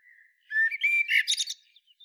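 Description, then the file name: Eurasian blackbird singing one short phrase: a low mellow whistle that swells into a louder fluty warble, then ends in a squeaky high twitter. "Turdus merula"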